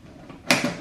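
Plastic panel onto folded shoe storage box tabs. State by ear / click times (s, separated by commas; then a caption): seated / 0.5 s. After the Finessy XL clear plastic stackable shoe storage box is flipped over, its second plastic panel is pressed onto the inwardly folded tabs. A single sharp snap sounds at 0.5 s after near-quiet, followed by a brief softer knock as it fades, and the panel is locked in place.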